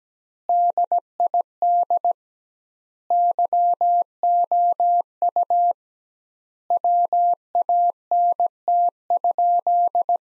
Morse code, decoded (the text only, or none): DID YOU WANT?